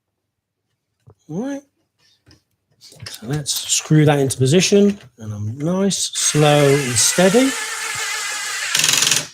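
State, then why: Torque reached. A cordless combi drill drives a pocket hole screw into a wooden pet feeding station panel while someone talks, with a broadband drilling whir building through the second half. At 8.8 s the drill's clutch slips and ratchets at its set torque, giving the click that shows the screw has been driven to the right torque.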